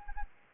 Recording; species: mosquito wingbeat signal from an infrared sensor; Anopheles arabiensis